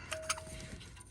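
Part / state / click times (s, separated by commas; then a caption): spark plug wire boot onto spark plug / not seated / none. A spark plug wire boot is lined up and handled over the spark plug terminal on a 2014+ Chevy Silverado 4.3 truck engine, with two brief sharp ticks at about 0.1 and 0.3 seconds over low background noise. The boot has not seated or clicked into place yet.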